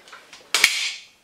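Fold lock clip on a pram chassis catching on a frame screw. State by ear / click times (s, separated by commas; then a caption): seated / 0.5 s, 0.6 s. While an Infababy Ultimo 3 in 1 travel system pram chassis is folded and pushed down with its front wheel flat, its black plastic fold clip catches over a small black screw on the frame. After a few faint knocks, there are two sharp plastic clicks at 0.5 s and 0.6 s with a short bright ring, then a faint knock near the end. The clip is latched and the folded frame is locked in place.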